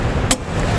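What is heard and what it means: A click-type torque wrench tightens a trailer hitch mounting bolt on the frame of a 2011 Ford Explorer, with steady low background noise throughout. A single sharp click sounds at 0.3 seconds as the wrench reaches its setting, confirming the bolt is torqued and warning against over-torquing that could snap the bolts.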